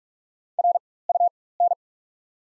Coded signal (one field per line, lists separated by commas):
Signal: Morse code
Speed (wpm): 46 wpm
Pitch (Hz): 700 Hz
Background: none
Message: RUN